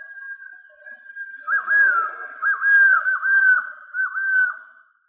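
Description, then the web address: Golden-headed quetzal whistling: a soft steady tone, then several dipping, slurred phrases in close sequence. "inkaterra asociacion org. Golden headed Quetzal"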